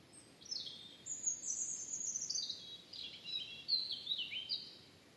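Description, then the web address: European robin song: a thin, high warbling phrase of sliding whistles and trills, rising and falling, continuing for about four seconds. "Deverinetal 2025 File origin Bird Only Er Ru"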